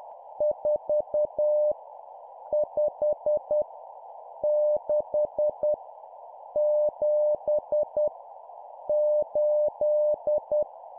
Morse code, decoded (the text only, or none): 4 5 6 7 8